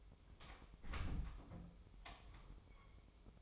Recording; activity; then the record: daily activity, microphone in the room; close door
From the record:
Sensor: 1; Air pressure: 1005.0 hPa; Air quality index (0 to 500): 87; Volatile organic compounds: 2 ppm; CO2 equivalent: 1174 ppm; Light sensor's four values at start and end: 10/24/9/10 and 10/24/9/10